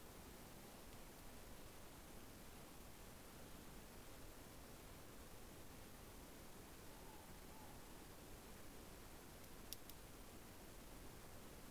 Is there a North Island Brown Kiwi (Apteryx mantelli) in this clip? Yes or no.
no